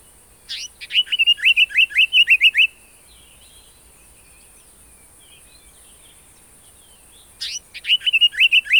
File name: African Paradise Flycatcher (Terpsiphone viridis)